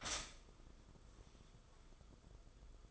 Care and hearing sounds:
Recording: daily activity, microphone in the room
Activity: stop toaster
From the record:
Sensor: 5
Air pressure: 994.6 hPa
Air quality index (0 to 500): 182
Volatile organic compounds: 1000 ppm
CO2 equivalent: 5309 ppm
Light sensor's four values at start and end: 44/136/53/58 and 44/135/53/58

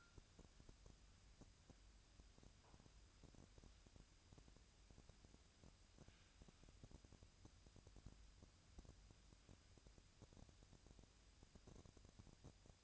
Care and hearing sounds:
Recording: daily activity, microphone in the room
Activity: wipe stove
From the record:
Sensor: 2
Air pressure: 1003.2 hPa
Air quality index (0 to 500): 201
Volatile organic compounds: 6 ppm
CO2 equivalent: 1913 ppm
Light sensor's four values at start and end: 8/18/8/8 and 8/18/8/8

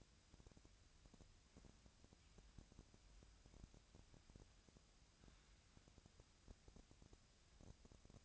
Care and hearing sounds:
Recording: daily activity, microphone in the room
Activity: wipe stove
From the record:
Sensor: 2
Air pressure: 1000.4 hPa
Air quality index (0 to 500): 170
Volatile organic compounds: 3 ppm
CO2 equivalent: 1411 ppm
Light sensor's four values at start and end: 10/24/10/11 and 10/25/10/11

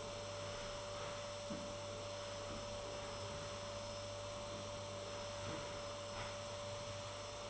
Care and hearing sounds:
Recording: daily activity, microphone in the room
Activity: vacuum cleaning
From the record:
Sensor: 4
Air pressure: 1008.5 hPa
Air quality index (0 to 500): 62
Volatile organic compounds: 1 ppm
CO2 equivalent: 598 ppm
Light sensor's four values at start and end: 13/31/12/11 and 13/31/12/11

